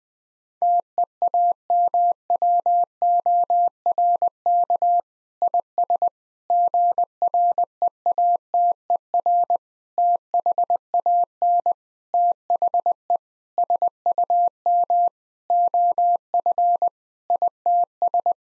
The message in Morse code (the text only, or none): TEAMWORK IS GREATER THAN THE SUM OF ITS